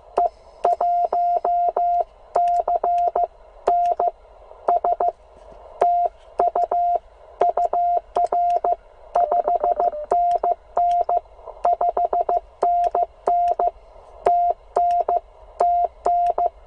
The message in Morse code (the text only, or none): E 1 C N S TU UR 5NN 5NN TN TN